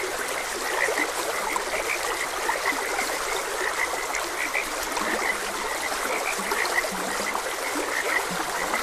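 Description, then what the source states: Frog croaks come as brief, bright notes repeated irregularly, with a few lower, longer croaks near the end, over continuous babbling stream water. Frogs croaking beside a gentle stream.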